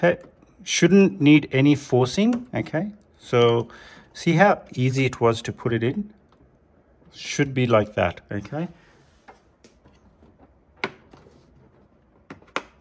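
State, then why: Seated. A DDR memory stick is pressed down into a desktop motherboard DIMM slot, easily and without force, in an Aurora R10–R14 RAM upgrade. Someone talks through the first half, then after quieter handling sounds sharp clicks ring out at 10.8 s and 12.6 s. The retention clips snap shut and the module is seated.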